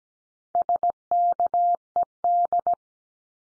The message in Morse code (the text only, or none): SKED